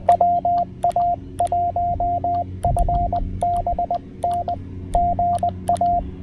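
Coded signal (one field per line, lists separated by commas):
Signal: Morse code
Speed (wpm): 20 wpm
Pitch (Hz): 700 Hz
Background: radio noise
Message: WA1FBN GA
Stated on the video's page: QRP CW park activation from Great Seal State Park, using a Penntek TR-45L Skinny, paddles and a homebrew 40m EFHW.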